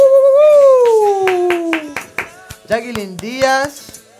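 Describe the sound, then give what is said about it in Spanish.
A handful of sharp hand claps pop out in a quick, uneven rhythm beneath a long, drawn-out voice that slides downward in pitch, followed by more excited speaking, as applause greets the announced winner of a prize giveaway. “Jacqueline Díaz, nuestra gran ganadora. ¡Aplausos! ¡Bravo!”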